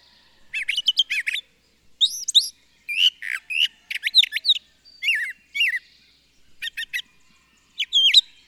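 Bird song of quick, varied chirping phrases, rising and falling twittered notes in short bursts roughly every second, with brief pauses between them.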